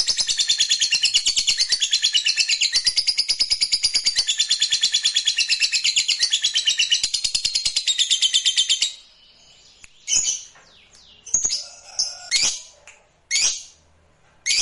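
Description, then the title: Lovebird pours out a long, rapid, shrill trill for about nine seconds, then breaks off into scattered squawks and chirps. Fighter lovebird giving a long ngekek trill. "Begitu Dengar Suara Lovebird FIGHTER NGEKEK PANJANG"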